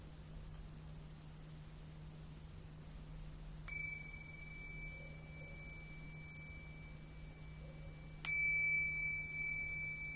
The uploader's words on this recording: Tibetan Singiing Bowl のサウンドヒーリングチャンネル LIVE.